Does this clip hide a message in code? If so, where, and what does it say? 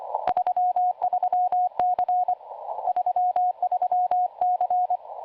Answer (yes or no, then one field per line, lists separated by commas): yes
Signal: Morse code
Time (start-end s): 0.3-5.0 s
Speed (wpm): 25 wpm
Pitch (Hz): 720 Hz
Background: radio noise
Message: 33C 33C